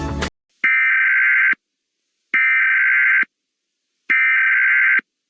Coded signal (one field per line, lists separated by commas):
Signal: Emergency Alert System (SAME) tones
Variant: header bursts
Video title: EAS Scenario: 2050